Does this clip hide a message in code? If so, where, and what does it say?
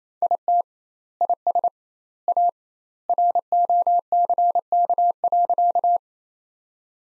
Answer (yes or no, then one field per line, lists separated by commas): yes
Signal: Morse code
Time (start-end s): 0.2-6.0 s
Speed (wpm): 28 wpm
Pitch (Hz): 700 Hz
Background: none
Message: IT IS A ROCK.